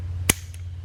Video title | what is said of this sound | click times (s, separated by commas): Foxbody Budget build hood pin install! | like that and snaps into place | 0.3 s